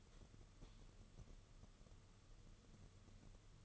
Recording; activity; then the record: daily activity, microphone in the room; light on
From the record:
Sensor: 4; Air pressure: 995.3 hPa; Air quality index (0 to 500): 212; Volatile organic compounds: 230 ppm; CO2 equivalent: 4306 ppm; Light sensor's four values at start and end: 9/21/8/10 and 9/21/8/10